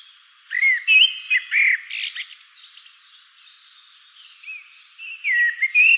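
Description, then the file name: Common blackbird singing: low fluty warbled notes around one second, a squeaky flourish near two seconds, then more mellow slurred phrases toward the end. "Turdus merula"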